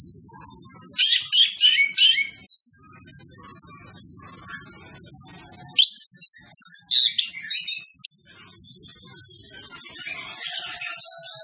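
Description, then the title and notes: Orange-headed Thrush song, two bursts of sharp chirps and whistles, heard against a constant loud high-pitched buzz. Lure training recording of full mimicry-filled song, played to prompt Orange-headed Thrushes to sing quickly and freely. "Masteran Anis Kembang Full Isian Untuk Suara Pancingan Anis Kembang Agar Cepat Ngeplong. Suara Burung Anis Kembang"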